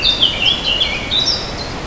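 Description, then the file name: Warbler song fragment, a fast string of bright, high chirping notes tumbling without pause over faint background noise. "fauvette"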